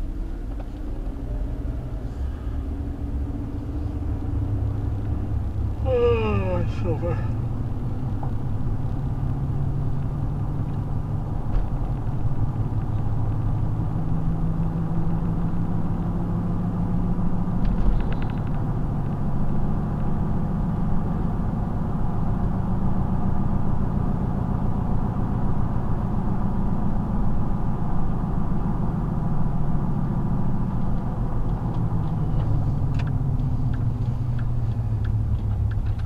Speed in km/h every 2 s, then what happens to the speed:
19, 29, 32, 39, 44, 50, 55, 55, 60, 63, 64, 64, 63, 61, 58, 55, 40, 27.
0-20 speeds up to 64. 20-36 slows to 27.